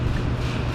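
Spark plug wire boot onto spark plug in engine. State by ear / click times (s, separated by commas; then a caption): not seated / none. Rubber spark plug wire boots are handled over the spark plugs in a Dodge Stratus engine during a spark plug replacement, about to be pressed down onto the plugs. Only a steady low rumble with broadband noise is heard, with no sharp transients. Nothing has seated or clicked yet.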